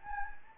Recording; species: mosquito wingbeat signal from an infrared sensor; Anopheles gambiae